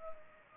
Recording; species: mosquito wingbeat signal from an infrared sensor; Culex pipiens